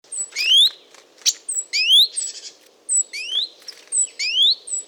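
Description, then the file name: Great tit calling: bright rising sweeps repeated steadily, mixed with high thin whistles and brief scratchy notes. "Parus major"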